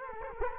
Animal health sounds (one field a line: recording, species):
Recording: mosquito wingbeat signal from an infrared sensor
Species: Culex quinquefasciatus